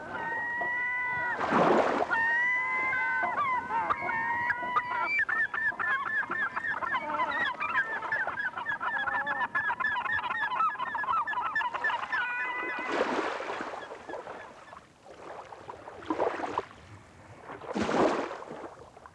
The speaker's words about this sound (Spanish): En primer lugar, escucharemos el rumor del mar de Providencia y de algunas gaviotas que se deslizan sobre el agua.